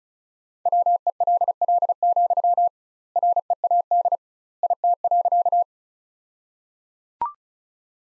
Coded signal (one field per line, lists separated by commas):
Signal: Morse code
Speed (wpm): 34 wpm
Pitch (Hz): 700 Hz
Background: none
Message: WELL, READ IT.